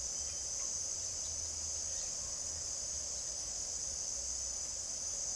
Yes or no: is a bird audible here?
no